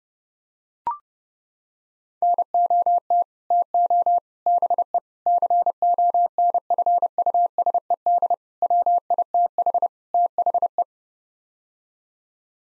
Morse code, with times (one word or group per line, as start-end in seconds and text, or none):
2.2-3.2 NOT
3.5-4.2 TO
4.5-5.0 BE
5.3-8.3 CONFUSED
8.6-9.9 WITH
10.1-10.8 THE